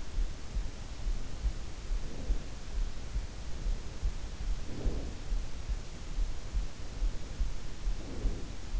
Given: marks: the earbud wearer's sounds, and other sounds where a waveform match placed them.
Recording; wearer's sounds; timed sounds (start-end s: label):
sounds in sleep by an in-ear microphone; breath
1.47-2.95 s: breath
4.28-5.73 s: breath
7.61-8.80 s: breath